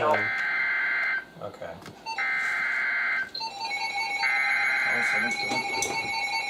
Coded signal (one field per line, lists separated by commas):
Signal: Emergency Alert System (SAME) tones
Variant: header bursts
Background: speech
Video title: EAS #1425-#1434: Direct Hit | KHB36, WMX42, WNG736, & KEC83